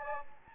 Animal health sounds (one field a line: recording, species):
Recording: mosquito wingbeat signal from an infrared sensor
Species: Anopheles gambiae